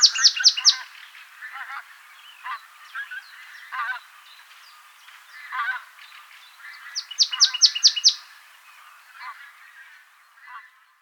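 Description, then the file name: Marsh tit calling: quick bursts of bright descending chips alternating with lower, husky nasal notes, two main chip runs several seconds apart. "Poecile palustris"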